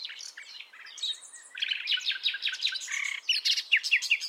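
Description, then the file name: Common nightingale song: a dense run of rapid repeated chirps and trills, ending in a series of clear sharp notes. "Luscinia megarhynchos"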